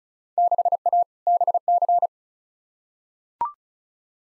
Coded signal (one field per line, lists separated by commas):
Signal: Morse code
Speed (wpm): 36 wpm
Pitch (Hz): 700 Hz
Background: none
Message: 6A BC